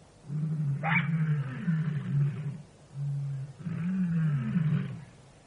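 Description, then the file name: Jackal giving a low, wavering howl in two long phrases, the first opening with a sharp upward yelp. "zvuki shakala"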